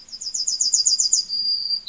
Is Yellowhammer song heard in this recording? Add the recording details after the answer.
yes. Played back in forest. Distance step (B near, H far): C. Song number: 115